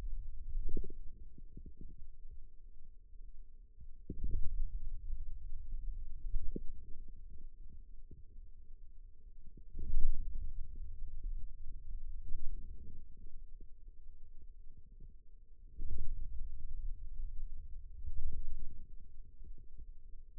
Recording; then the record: forearm muscle sounds (acoustic myography)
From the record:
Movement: ulnar deviation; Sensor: system 2, bracelet of six BSWA MPA416 microphones around the upper forearm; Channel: 2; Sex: male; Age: 22 years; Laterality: right